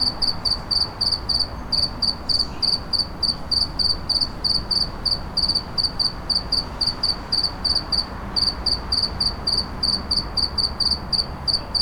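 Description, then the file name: Cricket singing in rapid high chirps, steady and repetitive with a brief gap near eight seconds, over continuous low rumbling noise. Recorded in a city. "Sverchock in da City"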